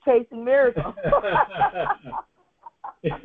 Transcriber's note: laughs